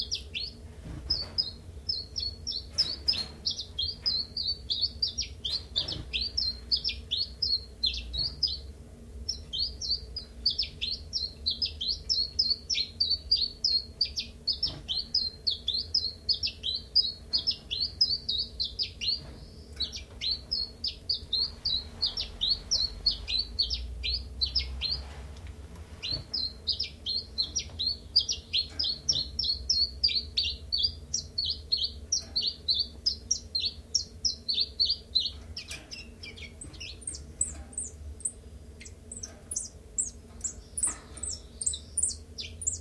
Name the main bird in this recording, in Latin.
Phylloscopus collybita